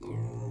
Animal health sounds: pig call; weaner (32 to 43 days)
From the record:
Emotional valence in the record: negative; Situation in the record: long isolation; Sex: female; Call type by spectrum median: low-frequency call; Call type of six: low-frequency stable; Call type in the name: low-frequency stable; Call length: 0.52 s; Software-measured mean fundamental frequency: 56 Hz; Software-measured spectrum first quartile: 114 Hz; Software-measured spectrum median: 170 Hz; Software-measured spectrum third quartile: 415 Hz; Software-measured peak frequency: 128 Hz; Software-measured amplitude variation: 107 dB a second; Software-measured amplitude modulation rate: 26.2 a second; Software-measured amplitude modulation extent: 4.1 dB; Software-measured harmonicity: 1.4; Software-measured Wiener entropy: -0.32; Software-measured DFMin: 904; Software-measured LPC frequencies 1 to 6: 244, 919, 2152, 3633, 4502, 6541 Hz

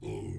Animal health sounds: pig call; weaner (32 to 43 days)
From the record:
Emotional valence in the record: negative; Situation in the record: negative conditioning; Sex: female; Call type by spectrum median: low-frequency call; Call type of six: low-frequency stable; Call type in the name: low-frequency stable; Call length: 0.39 s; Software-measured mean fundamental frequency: 49 Hz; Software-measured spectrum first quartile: 122 Hz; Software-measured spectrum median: 286 Hz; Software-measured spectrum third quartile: 507 Hz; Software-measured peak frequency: 112 Hz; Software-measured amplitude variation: 120 dB a second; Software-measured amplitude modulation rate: 33.0 a second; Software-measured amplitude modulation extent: 3.6 dB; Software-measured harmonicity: 3.0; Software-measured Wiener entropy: -0.20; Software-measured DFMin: 987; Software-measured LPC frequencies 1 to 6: 345, 2313, 3262, 3982, 5050, 5477 Hz

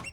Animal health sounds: pig call; piglet (1 to 25 days)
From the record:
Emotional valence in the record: negative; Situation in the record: long isolation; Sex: male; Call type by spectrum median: low-frequency call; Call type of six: low-frequency tonal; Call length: 0.13 s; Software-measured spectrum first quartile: 653 Hz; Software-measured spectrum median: 2261 Hz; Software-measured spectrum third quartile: 3503 Hz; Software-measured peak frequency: 2751 Hz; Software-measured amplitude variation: 144 dB a second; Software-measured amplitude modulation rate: 15.6 a second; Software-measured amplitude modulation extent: 9.2 dB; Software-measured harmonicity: 7.4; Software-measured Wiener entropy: -2.28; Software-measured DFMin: 835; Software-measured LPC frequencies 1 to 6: 1099, 2204, 2748, 3658, 4602, 5494 Hz

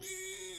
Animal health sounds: pig call; weaner (32 to 43 days)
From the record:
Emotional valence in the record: negative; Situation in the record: restrain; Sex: male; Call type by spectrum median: high-frequency call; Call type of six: high-frequency stable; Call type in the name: high-frequency stable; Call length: 0.59 s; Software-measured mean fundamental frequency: 371 Hz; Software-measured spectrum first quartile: 1597 Hz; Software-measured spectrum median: 4023 Hz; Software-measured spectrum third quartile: 7555 Hz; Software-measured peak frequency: 2268 Hz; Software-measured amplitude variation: 51 dB a second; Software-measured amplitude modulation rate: 20.3 a second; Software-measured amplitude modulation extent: 2.5 dB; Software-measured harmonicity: 5.4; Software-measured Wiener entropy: -2.19

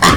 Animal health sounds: pig call; piglet (1 to 25 days)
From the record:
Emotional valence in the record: positive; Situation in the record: reunion after long isolation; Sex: female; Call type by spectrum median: low-frequency call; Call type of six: low-frequency tonal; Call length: 0.16 s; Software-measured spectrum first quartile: 728 Hz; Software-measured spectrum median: 1435 Hz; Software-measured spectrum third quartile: 3340 Hz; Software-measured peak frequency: 1049 Hz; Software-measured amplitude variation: 60 dB a second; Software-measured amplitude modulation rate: 15.3 a second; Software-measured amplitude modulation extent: 3.9 dB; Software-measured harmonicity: 0.4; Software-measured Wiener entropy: -1.69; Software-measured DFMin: 1061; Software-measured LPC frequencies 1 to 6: 1134, 1883, 3310, 4176, 5444, 7012 Hz

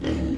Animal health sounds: pig call; growing-finishing pig (85 days or more)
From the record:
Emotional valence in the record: negative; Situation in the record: barren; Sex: female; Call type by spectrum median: low-frequency call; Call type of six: low-frequency stable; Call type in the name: low-frequency stable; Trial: 1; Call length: 0.38 s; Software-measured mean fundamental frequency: 40 Hz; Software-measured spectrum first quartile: 154 Hz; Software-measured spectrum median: 287 Hz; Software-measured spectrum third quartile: 517 Hz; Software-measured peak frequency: 284 Hz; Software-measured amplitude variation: 103 dB a second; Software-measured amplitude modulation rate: 25.1 a second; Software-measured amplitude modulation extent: 4.1 dB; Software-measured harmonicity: 1.0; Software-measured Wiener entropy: -0.64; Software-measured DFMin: 943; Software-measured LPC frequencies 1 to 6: 338, 1912, 3099, 4772, 5895, 6739 Hz

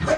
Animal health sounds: pig call; growing-finishing pig (85 days or more)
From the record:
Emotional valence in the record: positive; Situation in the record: run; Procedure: transit

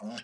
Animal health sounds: pig call; piglet (1 to 25 days)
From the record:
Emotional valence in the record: negative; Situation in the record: long isolation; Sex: male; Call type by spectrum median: low-frequency call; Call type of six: mixed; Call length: 0.23 s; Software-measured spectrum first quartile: 304 Hz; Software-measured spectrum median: 871 Hz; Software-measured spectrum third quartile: 3276 Hz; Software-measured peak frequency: 220 Hz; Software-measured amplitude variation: 111 dB a second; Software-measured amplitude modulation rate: 14.9 a second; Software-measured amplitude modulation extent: 7.4 dB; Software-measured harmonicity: 3.9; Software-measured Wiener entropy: -2.95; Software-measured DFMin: 518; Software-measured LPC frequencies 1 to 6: 555, 1606, 2783, 3062, 4130, 4817 Hz

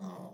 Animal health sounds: pig call; piglet (1 to 25 days)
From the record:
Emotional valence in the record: negative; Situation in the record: long isolation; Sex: male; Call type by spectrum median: low-frequency call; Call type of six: low-frequency modulated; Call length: 0.34 s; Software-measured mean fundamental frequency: 79 Hz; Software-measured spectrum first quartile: 190 Hz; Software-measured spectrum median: 349 Hz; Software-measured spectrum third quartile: 839 Hz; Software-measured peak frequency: 189 Hz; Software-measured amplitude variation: 106 dB a second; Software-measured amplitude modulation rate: 23.8 a second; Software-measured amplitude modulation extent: 4.5 dB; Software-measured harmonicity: 4.8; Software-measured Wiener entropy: -0.33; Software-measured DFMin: 516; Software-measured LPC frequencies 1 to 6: 989, 3522, 5841, 6860, 7893, 9865 Hz

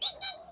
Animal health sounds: pig call; piglet (1 to 25 days)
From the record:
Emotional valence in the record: negative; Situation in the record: castration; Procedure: castration, fixation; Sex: male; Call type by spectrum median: high-frequency call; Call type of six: high-frequency stable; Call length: 0.51 s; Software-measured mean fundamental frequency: 288 Hz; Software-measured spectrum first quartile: 3700 Hz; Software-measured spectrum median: 4659 Hz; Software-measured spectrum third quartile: 8175 Hz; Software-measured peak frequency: 3847 Hz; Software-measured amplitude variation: 171 dB a second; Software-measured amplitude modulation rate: 13.7 a second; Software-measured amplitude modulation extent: 12.5 dB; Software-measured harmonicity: 8.4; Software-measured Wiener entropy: -2.83

